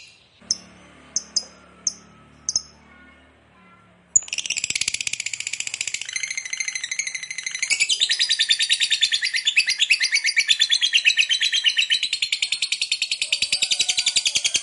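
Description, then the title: Lovebird song: a few sharp isolated clicks, a brief pause, then a sudden burst of fast, shrill, scratchy chattering that continues without break to the end. Lovebird kept as a fighter bird, singing energetically (gacor). "SUARA Lovebird FIGHTER GACOR"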